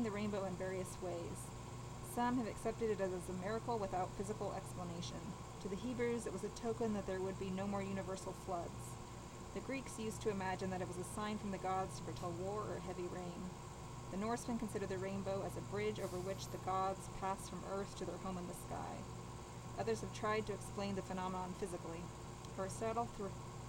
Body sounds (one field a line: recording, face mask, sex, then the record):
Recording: reading aloud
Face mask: surgical mask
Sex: female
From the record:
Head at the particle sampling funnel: tilted down, bridge of the nose in front of it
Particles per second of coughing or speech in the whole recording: 0.813